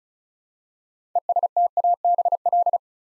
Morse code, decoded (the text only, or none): ESTABL